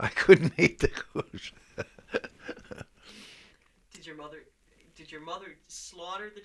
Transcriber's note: he laughs